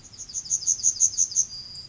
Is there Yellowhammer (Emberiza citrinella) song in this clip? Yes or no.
yes